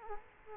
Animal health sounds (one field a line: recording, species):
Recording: mosquito wingbeat signal from an infrared sensor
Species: Culex quinquefasciatus